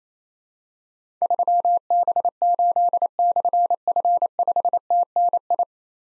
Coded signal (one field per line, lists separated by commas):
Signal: Morse code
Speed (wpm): 28 wpm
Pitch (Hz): 700 Hz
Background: none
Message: 3B8/F5TNI